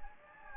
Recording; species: mosquito wingbeat signal from an infrared sensor; Anopheles gambiae